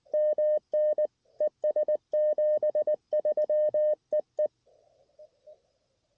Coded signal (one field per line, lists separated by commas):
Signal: Morse code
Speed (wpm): 20 wpm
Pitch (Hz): 610 Hz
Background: none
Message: MN ES 73 EE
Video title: My First CW SOTA Activation